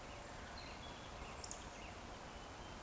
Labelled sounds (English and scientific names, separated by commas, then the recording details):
Eurasian Woodcock (Scolopax rusticola) whistle
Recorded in Baden-Württemberg, Germany, on 15 June 2020 at 19:49 UTC
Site 14569, 102 m above sea level